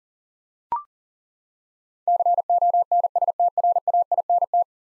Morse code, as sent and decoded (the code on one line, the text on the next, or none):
-.-. --- -. ... - .-. .- .. -. -
CONSTRAINT